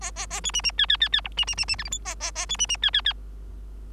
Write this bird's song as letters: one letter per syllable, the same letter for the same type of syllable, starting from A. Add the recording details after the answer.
A A A B C C D D D D E C C C C F G H A A A B C C D D D. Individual Bird3